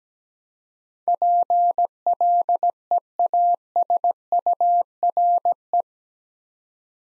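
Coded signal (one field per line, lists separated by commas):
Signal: Morse code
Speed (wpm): 17 wpm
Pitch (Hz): 700 Hz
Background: none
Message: PLEASURE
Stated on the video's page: Morse head-copy practice of eight-letter words at 17 wpm, each sent, spoken, then sent again.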